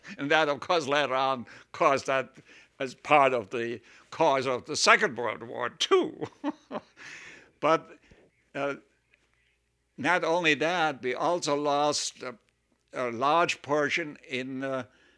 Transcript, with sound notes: And that, of course, later on, caused, as part of the cause of the Second World War, too. (he laughs) But not only that, we also lost a large portion in